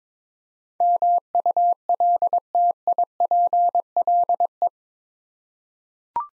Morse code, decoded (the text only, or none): MULTIPLE